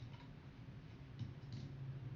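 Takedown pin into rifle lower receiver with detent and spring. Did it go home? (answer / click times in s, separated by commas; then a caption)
yes / 1.5 s. A steel rear takedown pin is pushed through an aluminum rifle lower receiver until its detent spring catches it. A soft sound at 1.2 s comes before a short, sharp click at 1.5 s over a steady low hum. The pin is seated in its detent.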